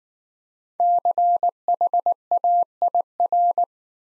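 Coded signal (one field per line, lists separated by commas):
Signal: Morse code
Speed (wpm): 19 wpm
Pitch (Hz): 700 Hz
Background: none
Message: CHAIR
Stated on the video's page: Morse code practice set of easy words at 15 wpm with contextual hints.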